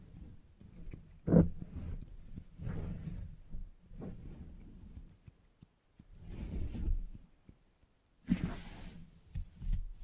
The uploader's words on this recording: Salon Haircut Head Massage, Scissors and Clipper.